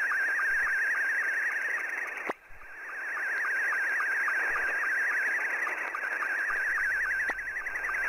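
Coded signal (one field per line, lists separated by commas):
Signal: SSTV (slow-scan television)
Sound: warbling high tone with rapid regular ticking pulses, steady through the clip, under hiss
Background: radio static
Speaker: let me pause here and we'll go into the live portion of actually receiving signals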